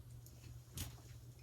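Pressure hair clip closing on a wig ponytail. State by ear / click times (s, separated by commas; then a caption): not seated / none. Fingers work a larger pressure (snap) hair clip around a medium-to-thick ponytail on an ash blonde Belle Tress Counter Culture wig. Against a steady low hum there are soft handling rustles, a faint tick near 0.3 s, and a brief broadband rustle around 0.8 s. The clip has not snapped shut yet, and nothing has seated or clicked.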